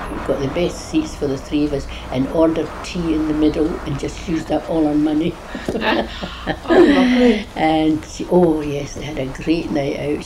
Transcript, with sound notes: Got the best seats for the three of us and ordered tea in the middle and just used up all her money." [laughs]
Aw lovely.
And, oh yes, they had a great night out.